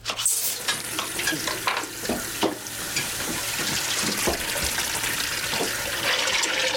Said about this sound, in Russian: Воды нет. Вдруг вода резко полилась.